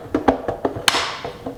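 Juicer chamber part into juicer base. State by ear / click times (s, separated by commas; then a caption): seated / 0.9 s. A plastic chamber part of a HOUSNAT cold press slow masticating juicer is fitted onto the juicer base during reassembly. Several light knocks and taps come first, then a sharp, bright click at 0.9 s as the part locks into place, and the part is confirmed locked on the base.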